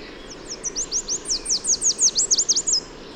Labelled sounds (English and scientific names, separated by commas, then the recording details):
Chestnut-capped Warbler (Basileuterus delattrii) song
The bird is a male
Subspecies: delattrii
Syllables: 15
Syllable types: 8
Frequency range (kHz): 3.2-9.2 kHz
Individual MA-RSW-M